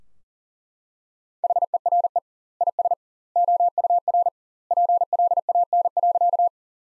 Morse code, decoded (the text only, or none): HERE IS OUR PLAN.